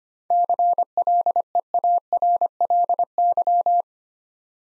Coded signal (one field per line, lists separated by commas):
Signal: Morse code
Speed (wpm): 25 wpm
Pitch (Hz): 700 Hz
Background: none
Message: CLEARLY